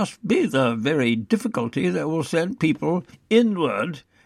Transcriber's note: none